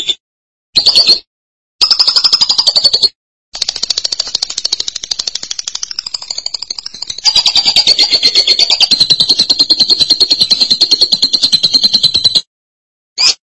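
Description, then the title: Lovebird song: long runs of fast, high, buzzy chattering separated by brief pauses, with a short final burst. "BM Suara Burung Lovebird"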